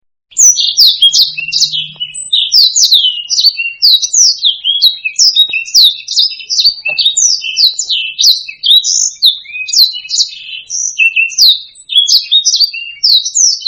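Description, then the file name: Black-throated laughingthrush song: a dense, unbroken jumble of quick, high, sliding whistles and sharp chirps, repeated and varied throughout. "suara kicauan burung blacksang. omkicau"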